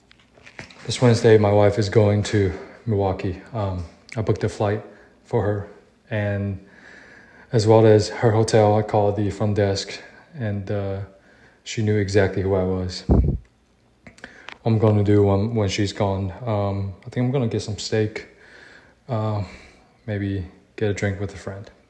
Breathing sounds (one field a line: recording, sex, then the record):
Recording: free speech after running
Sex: male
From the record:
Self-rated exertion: light exertion (2 of 6)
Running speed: 7 miles an hour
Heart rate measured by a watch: 85 beats a minute at the start, 83 at the end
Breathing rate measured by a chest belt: 11 breaths a minute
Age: 27 years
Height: 185 cm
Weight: 76 kg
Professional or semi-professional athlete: no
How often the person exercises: over 5 times a week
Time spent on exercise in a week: over 5 hours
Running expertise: no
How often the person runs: over 5 times a week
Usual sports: running, weight training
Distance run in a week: 65 km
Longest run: 42 km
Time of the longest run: 214 minutes